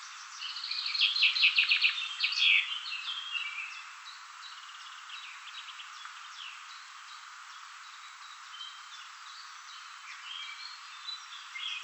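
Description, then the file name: Common chaffinch song: a bright run of repeated notes finishing in a flourish, followed by quieter birdsong. "Fringilla coelebs"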